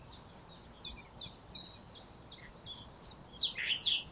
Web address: SETE data Sylvia atricapilla